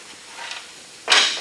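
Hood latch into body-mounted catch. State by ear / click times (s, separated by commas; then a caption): not seated / none. The front hood on a 1934 Ford coupe body is pushed down so its latch meets the body-mounted catch: soft scuffing around 0.4–0.6 s, then a broad, hissy burst at about 1.1 s that fades out. One side hits in but fails to latch because the latch sits too high for the catch, and nothing has clicked or seated.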